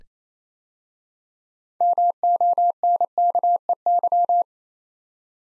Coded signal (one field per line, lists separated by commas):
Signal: Morse code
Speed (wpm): 28 wpm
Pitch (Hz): 700 Hz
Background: none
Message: MONKEY